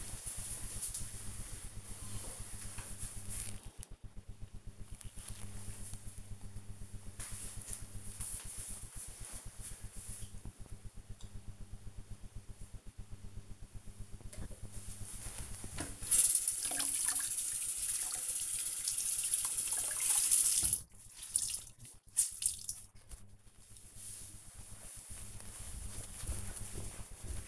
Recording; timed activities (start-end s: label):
household activities, microphone on the right wrist
13.87-27.48 s: cleaning table